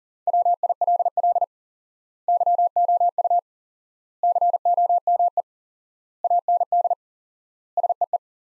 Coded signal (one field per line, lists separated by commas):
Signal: Morse code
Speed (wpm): 40 wpm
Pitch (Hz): 700 Hz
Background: none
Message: WILL YOU COME AND SEE